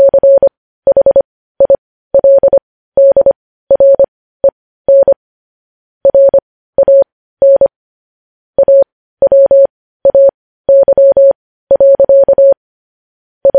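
Morse code tapped out as a single steady mid-pitched tone, switching on and off in short dots and longer dashes grouped into letters. The keying runs at a moderate, fairly regular pace with clear gaps between groups, including a longer pause around the middle, against complete silence.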